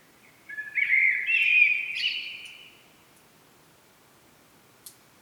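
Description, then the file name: Common blackbird gives one mellow fluted phrase lasting about two seconds, climbing slightly and ending in a brief squeaky flourish, followed by quiet. "Turdus merula"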